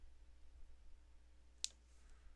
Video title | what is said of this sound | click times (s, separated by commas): Build With Baer Workshop 156 2/9/19 Wild Liger (Zoids Wild) | that snaps in place and | 1.6 s